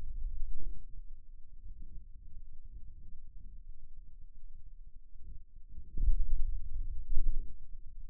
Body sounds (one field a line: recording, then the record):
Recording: forearm muscle sounds (acoustic myography)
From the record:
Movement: pen grasping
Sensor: system 2, bracelet of six BSWA MPA416 microphones around the upper forearm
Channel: 2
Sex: male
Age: 22 years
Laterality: right